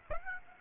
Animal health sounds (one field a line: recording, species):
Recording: mosquito wingbeat signal from an infrared sensor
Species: Aedes aegypti